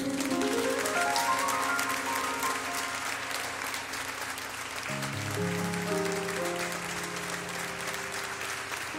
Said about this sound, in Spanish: Por favor, den un aplauso para recibir a Reilly.